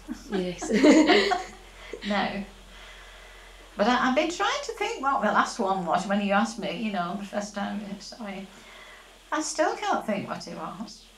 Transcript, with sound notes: Yes. [laughs]
But I've been trying to think what the last one was when you asked me, you know. The first time I saw you. I still can't think what it was.